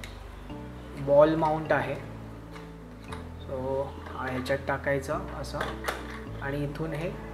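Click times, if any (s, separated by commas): none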